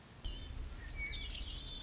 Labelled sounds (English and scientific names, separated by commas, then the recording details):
Lazuli Bunting (Passerina amoena)
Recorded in Sonoma County, California